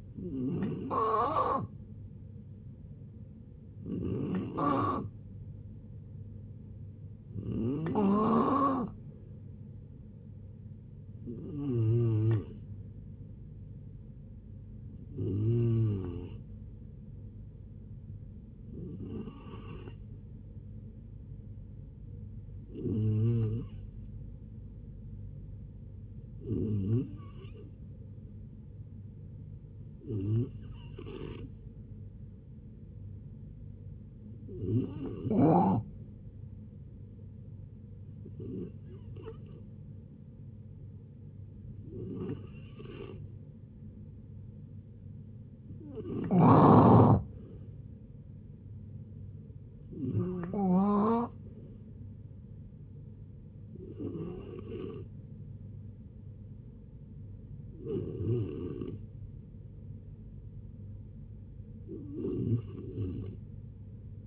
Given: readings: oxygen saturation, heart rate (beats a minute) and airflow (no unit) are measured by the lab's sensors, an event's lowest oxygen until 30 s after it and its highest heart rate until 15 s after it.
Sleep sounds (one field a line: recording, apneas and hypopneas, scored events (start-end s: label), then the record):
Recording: a person awake in a sleep study, by a smartphone at the bedside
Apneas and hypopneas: none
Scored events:
0.00-64.27 s: awake
0.00-64.27 s: awake
From the record:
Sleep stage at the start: awake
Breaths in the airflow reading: 19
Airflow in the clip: -0.7 to 0.7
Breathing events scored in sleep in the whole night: 496 in 5.4 hours asleep